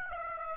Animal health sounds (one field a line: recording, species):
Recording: mosquito wingbeat signal from an infrared sensor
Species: Aedes aegypti